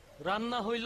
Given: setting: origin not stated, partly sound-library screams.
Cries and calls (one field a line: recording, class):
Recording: one-second piece from a danger detection set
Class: normal situation